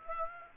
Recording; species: mosquito wingbeat signal from an infrared sensor; Aedes aegypti